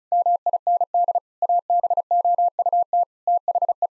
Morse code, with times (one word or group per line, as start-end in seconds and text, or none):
0.1-1.2 MIND
1.4-3.0 ABOUT
3.3-3.9 THE